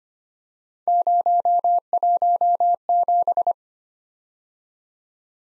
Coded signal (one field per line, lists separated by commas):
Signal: Morse code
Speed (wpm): 25 wpm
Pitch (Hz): 700 Hz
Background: none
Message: 017